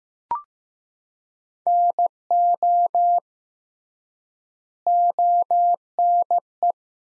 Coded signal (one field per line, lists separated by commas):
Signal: Morse code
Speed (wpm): 15 wpm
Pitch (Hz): 700 Hz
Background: none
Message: NO ONE